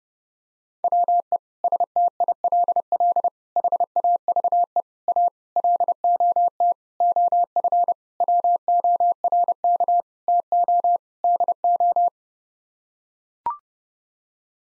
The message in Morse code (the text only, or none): WE STILL HAVE A LOT OF WORK TO DO